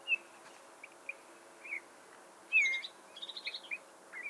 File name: Pyrrhula pyrrhula